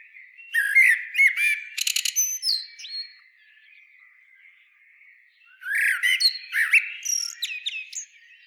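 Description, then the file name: Common blackbird with rapid, scratchy, high twittering and descending whistled slurs, then a pause of about two seconds before a second jumbled phrase. "Turdus merula"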